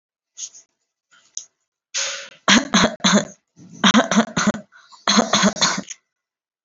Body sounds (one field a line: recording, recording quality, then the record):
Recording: shallow voluntary cough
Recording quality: excellent, no background noise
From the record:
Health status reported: healthy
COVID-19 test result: negative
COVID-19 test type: RT-PCR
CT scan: not taken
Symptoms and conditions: cough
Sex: female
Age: 23 years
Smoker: no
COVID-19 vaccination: one dose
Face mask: worn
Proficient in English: yes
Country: India